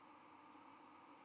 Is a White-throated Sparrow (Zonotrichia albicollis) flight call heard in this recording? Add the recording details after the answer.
no. Another species' flight call is heard. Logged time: 06:05 on 31 October 2014